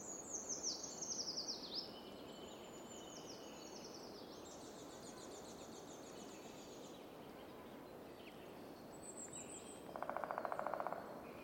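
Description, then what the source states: Woodpecker drumming, a brief rapid roll near the end, after several high trilling songbird phrases and chirps that fill most. Woodpeckers drumming on tree trunks shortly after dawn in a very calm forest, Fermansbo Urskog Nature Reserve.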